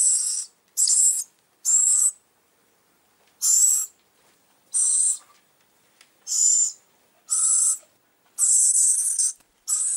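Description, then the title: Bird uttering rasping, breathy screeches in quick succession, about nine hissy bursts with brief pauses between them. "LuckyKumpulan SuaraBurung"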